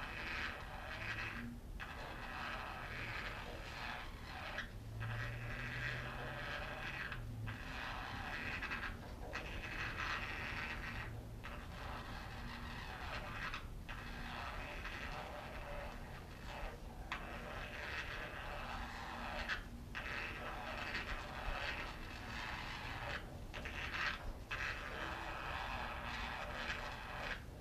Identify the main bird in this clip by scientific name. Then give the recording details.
Poicephalus senegalus. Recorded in captivity. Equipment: Halbspur, 9,5 cm/s. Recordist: Lütgens, Hans